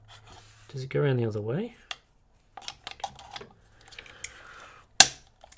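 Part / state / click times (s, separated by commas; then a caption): CPU cooler mounting bracket onto motherboard / seated / 5.0 s. A plastic CPU cooler mounting bracket, first tried without locking, is turned around and pushed onto a motherboard while someone talks, with light handling clicks and rustling. It snaps in with a sharp, loud click at 5.0 s, and the bracket is seated.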